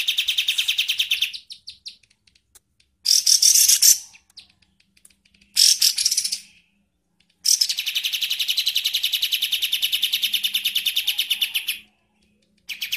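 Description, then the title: Songbird giving bursts of harsh, buzzy notes, then a long, rapid, even trill of chipping notes lasting several seconds before stopping abruptly. "Masteran Burung"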